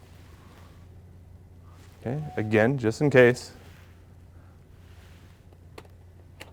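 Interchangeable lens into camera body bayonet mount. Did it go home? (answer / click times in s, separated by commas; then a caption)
yes / 6.4 s. An interchangeable lens is mounted a second time into a camera body's bayonet mount to demonstrate, and is rotated counterclockwise. Someone talks briefly, then a few faint clicks follow, and the mount lock clicks at 6.4 s. The lens locks onto the mount.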